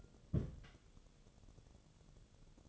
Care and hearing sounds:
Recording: daily activity, microphone in the room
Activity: place on stove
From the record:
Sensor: 4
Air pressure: 1008.9 hPa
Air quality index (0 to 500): 140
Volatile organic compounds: 2 ppm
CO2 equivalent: 1013 ppm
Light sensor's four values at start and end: 11/25/10/9 and 11/25/10/9

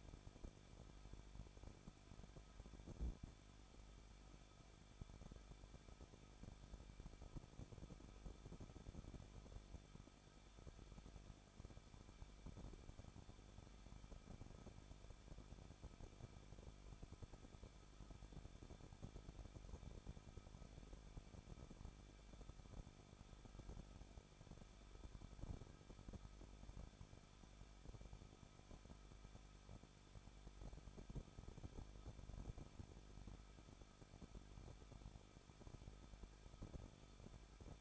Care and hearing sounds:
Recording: daily activity, microphone in the room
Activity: no activity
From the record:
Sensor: 5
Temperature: 20.9 degrees Celsius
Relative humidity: 38.3%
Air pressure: 1006.4 hPa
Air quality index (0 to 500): 188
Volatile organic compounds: 19 ppm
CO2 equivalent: 2651 ppm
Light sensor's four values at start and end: 2/3/1/1 and 2/3/1/1

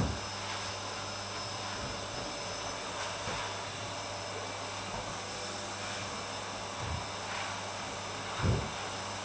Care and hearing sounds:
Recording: daily activity, microphone in the room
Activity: vacuum cleaning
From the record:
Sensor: 2

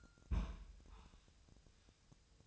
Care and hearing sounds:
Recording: daily activity, microphone in the room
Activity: place on stove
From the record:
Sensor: 2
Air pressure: 999.1 hPa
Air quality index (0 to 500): 196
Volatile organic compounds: 27 ppm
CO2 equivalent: 2894 ppm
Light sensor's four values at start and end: 6/15/6/6 and 6/15/6/6

